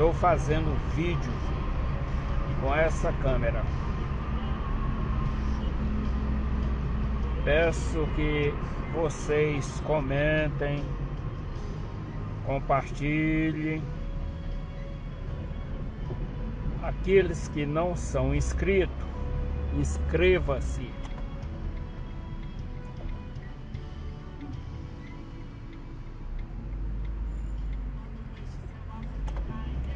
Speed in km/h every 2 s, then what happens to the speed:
50, 49, 48, 45, 39, 30, 20, 17, 23, 28, 4, 0, 0, 7, 17.
0-13 slows to 17. 13-18 speeds up to 28. 18-22 brakes to 0. 22-24 standing. 24-30 pulls away to 17.